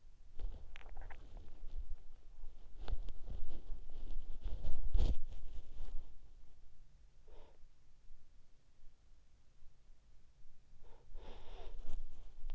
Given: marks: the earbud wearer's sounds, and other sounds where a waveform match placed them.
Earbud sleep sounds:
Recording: sounds in sleep by an in-ear microphone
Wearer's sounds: body movement, swallowing, breath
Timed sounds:
0.00-12.15 s: body movement
0.42-2.42 s: swallowing
6.84-8.13 s: breath
10.50-12.55 s: breath

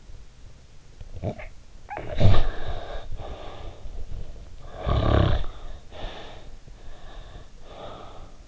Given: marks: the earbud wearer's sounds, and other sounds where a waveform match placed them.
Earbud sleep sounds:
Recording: sounds in sleep by an in-ear microphone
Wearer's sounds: snoring breath, breath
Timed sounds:
0.85-6.67 s: snoring breath
6.67-8.48 s: breath

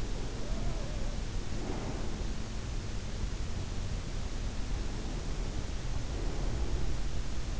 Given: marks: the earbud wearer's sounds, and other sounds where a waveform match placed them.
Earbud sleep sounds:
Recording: sounds in sleep by an in-ear microphone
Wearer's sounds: breath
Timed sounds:
0.13-3.44 s: breath
4.87-7.60 s: breath

